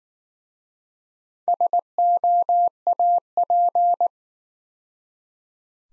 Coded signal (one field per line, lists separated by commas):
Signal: Morse code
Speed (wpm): 19 wpm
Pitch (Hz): 700 Hz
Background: none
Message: SOAP